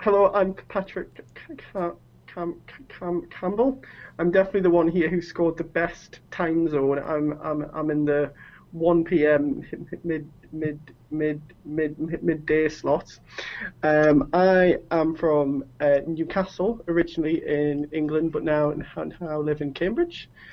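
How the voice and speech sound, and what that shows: Adult male speaker, originally from Newcastle in England, who stammers, speaking with stuttering.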